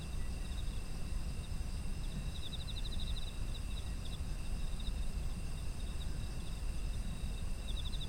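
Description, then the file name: Insect chorus: rapid pulsed trills come in several bursts, strongest near two and a half seconds and at the end, above steady ringing tones and low rumble. Ambient sound of insects in autumn. "秋の虫の環境音"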